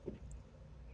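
A reusable plastic push clip is pushed through the trunk insulation and trim panel of a 2014 Honda Accord while the panel is refitted after replacing the reverse light bulb. Two short clicks sound at 0.1 s and 0.3 s over a low background rumble, and the clip is seated and holding the panel.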